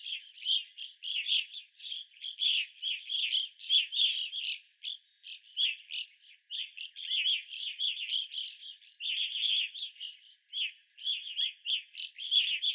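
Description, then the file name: Evening grosbeak flock in continuous overlapping chirps, a dense, buzzy chatter with hardly a gap. Several evening grosbeaks recorded 25 April 2021. "2021-04-25 Evening Grosbeaks"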